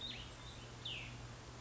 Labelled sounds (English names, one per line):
Cassin's Vireo